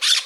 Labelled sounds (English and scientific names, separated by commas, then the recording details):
Brown-throated Parakeet (Eupsittula pertinax) contact call
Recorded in Margarita
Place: Rd. to Arenera, R. El Muco
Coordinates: 10.983, -64.362